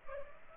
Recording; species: mosquito wingbeat signal from an infrared sensor; Culex pipiens